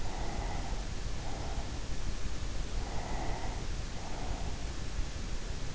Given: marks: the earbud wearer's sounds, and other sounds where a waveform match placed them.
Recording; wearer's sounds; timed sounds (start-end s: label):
sounds in sleep by an in-ear microphone; breath
0.14-1.97 s: breath
2.60-4.94 s: breath